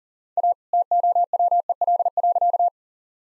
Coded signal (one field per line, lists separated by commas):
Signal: Morse code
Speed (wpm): 38 wpm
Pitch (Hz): 700 Hz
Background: none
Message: A TOWEL.